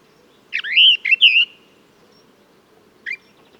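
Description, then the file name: Orphean warbler singing one short warbled phrase of three or four fluty, slurred notes, followed by silence and then a single soft note. "sylvia hortensis song"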